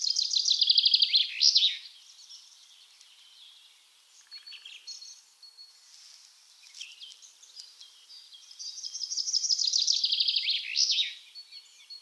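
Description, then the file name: Common chaffinch song: two loud, fast descending trilled phrases, each closing with a brief flourish, about eight seconds apart, with faint high bird notes in between. "Fringilla coelebs"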